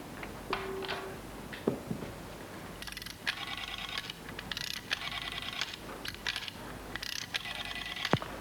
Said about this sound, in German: Komisches Geräusch in der Wand. Tickt immer noch.